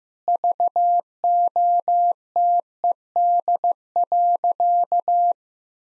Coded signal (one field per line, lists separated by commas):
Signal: Morse code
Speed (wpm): 15 wpm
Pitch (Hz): 700 Hz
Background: none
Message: VOTED.